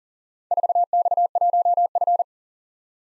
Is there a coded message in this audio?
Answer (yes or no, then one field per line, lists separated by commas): yes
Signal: Morse code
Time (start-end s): 0.5-2.2 s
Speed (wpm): 40 wpm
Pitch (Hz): 700 Hz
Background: none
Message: 4X1F